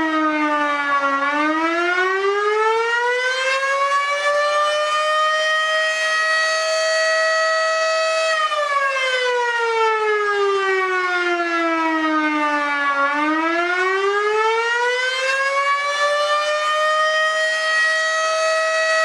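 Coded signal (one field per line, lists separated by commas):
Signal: siren signal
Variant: Federal Signal Model 5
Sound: loud mechanical siren wail, high and steady, dipping low and rising twice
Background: outdoor ambience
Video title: Federal Signal Model 5OC Pager/Siren Test, Attack, Bellport, NY 5/18/2023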